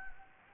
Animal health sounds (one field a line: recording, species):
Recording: mosquito wingbeat signal from an infrared sensor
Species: Anopheles gambiae